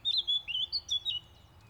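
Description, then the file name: Eurasian blackcap giving a short, clear whistled phrase of several fluty notes slurred up and down, about a second long, then quiet. "Sylvia atricapilla"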